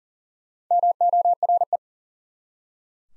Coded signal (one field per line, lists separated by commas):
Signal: Morse code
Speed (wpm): 40 wpm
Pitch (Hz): 700 Hz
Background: none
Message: MORE